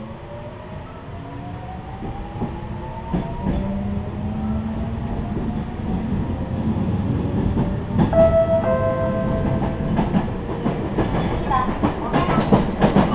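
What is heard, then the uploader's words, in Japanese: A Meitetsu Toyota Line train accelerates, its motor whine climbing steadily in pitch over a continuous low rumble. Sharp rail clacks land around three seconds and again from eight seconds on, growing more frequent as the ride gets gradually louder. 名古屋鉄道 豊田線 猿投→梅坪→赤池。やってきたのは地下鉄の車両なので発車の時のＶＶＶＦ音が特徴的なのがわかります。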